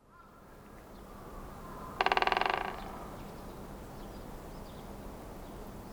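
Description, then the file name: Great Spotted Woodpecker drumming in one brief, fast roll lasting under a second, with a constant low hum throughout. Recorded in Sapporo on 23 March 2011. "akagera 110323 sapporo namba"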